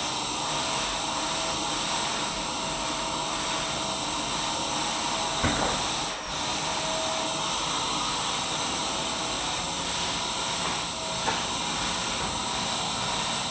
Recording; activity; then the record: daily activity, microphone in the room; vacuum cleaning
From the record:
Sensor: 1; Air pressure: 994.4 hPa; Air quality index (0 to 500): 217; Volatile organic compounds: 1000 ppm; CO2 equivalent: 7749 ppm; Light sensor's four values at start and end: 48/106/48/51 and 50/110/49/52